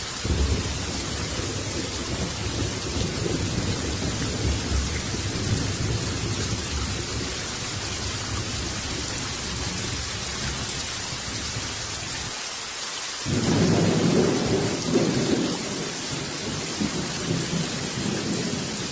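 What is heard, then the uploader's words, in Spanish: Heavy rain pours in a dense, steady hiss over a low rumble, briefly thinning near thirteen seconds before a louder, deeper rumbling swell. Fuerte Lluvia.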